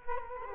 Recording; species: mosquito wingbeat signal from an infrared sensor; Culex quinquefasciatus